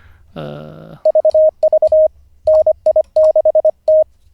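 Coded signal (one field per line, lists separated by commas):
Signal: Morse code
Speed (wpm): 25 wpm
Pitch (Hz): 620 Hz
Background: none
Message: VV NI6T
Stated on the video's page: A ham learning Morse, day 47 of daily ten-minute practice, live streamed.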